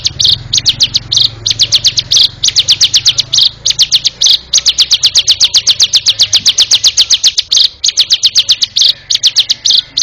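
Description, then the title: Bar-winged prinia singing: bright, high ticking notes delivered in quick series, some phrases longer and steadier, with a faint low hum underneath. "Suara Burung Ciblek"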